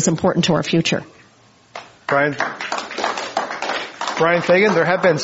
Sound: applause

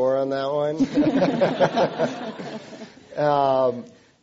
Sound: laughter

